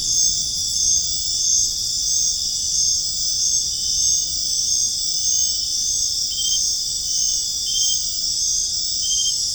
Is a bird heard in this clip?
no